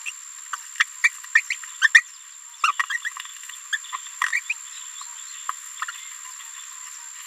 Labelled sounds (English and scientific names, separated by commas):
Green-rumped Parrotlet (Forpus passerinus) babbling